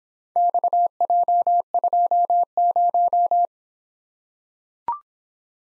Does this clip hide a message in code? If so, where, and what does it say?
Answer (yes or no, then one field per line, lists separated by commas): yes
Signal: Morse code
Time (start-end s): 0.4-3.5 s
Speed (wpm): 26 wpm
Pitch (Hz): 700 Hz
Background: none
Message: XJ20